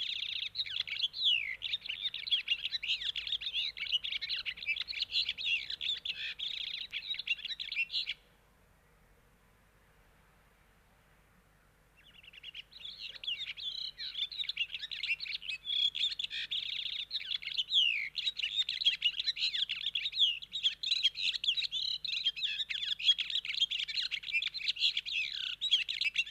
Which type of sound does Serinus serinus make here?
song